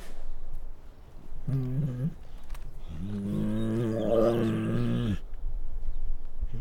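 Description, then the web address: Bengal tiger growls in two low, rumbling bursts, a short one then a longer one, over steady background noise. Male Bengal tiger growling and snarling. "Sound Ideas Tigers Sound Effects"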